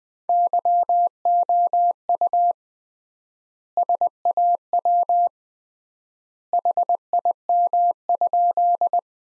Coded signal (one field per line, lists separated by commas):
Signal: Morse code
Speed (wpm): 20 wpm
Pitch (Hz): 700 Hz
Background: none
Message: YOU SAW HIM?